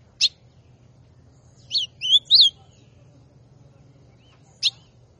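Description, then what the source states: Ultramarine grosbeak giving a few isolated whistled notes: a sharp note, then a short burst of three slurred whistles, then another sharp note after a pause; faint low hum beneath. Classic song style of the ultramarine grosbeak.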